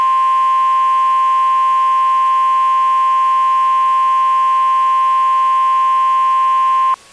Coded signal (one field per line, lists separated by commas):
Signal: Emergency Alert System (SAME) tones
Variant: 1050 Hz attention tone